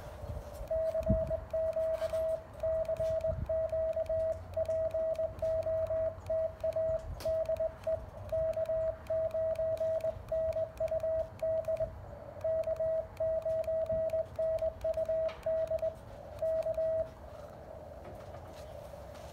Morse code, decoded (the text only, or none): CQ CQ POTA DE K9NUD K9NUD K